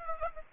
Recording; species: mosquito wingbeat signal from an infrared sensor; Aedes aegypti